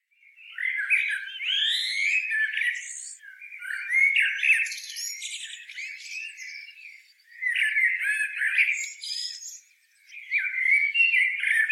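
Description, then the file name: Eurasian blackbird giving several loud bouts of squeaky, scratchy twittering separated by brief lulls, with high whistled slurs woven in. "Turdus merula"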